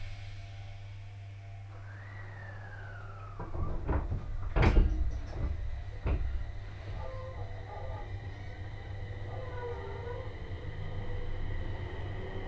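A train ride on the Tohoku Main Line, Koriyama to Fukushima, with a steady low hum throughout. Early on a thin tone slides downward, then a burst of clunks and rattles peaks near the middle before a steadier rumble with faint whining tones returns.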